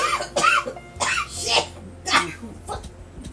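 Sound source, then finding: Adult woman, coughing in the background. Cough.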